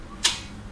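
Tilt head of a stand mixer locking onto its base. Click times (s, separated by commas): 0.3 s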